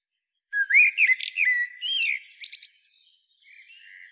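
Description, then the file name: Eurasian blackbird song: a rich, rising and falling whistled phrase punctuated by thin high squeaks, then a few faint warbles. "Turdus merula"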